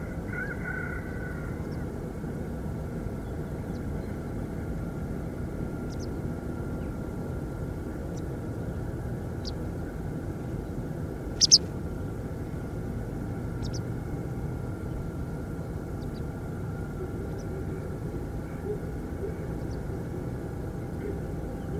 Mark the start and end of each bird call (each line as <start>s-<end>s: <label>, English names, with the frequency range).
0.28s-1.85s: Domestic Chicken (1.3-2.4 kHz)
0.44s-0.52s: White Wagtail (3.9-6.2 kHz)
1.63s-1.79s: White Wagtail (4.3-6.1 kHz)
3.72s-3.81s: White Wagtail (3.8-6.6 kHz)
5.89s-6.07s: White Wagtail (2.5-7.4 kHz)
6.79s-6.88s: Eurasian Jackdaw (1.8-3.2 kHz)
8.13s-8.20s: White Wagtail (3.7-8.4 kHz)
9.43s-9.51s: White Wagtail (2.5-7.2 kHz)
11.38s-11.59s: White Wagtail (1.7-7.4 kHz)
13.60s-13.80s: White Wagtail (2.1-8.3 kHz)
16.00s-16.20s: White Wagtail (2.9-5.9 kHz)
17.31s-17.43s: White Wagtail (4.6-6.4 kHz)
19.59s-19.77s: White Wagtail (4.0-6.1 kHz)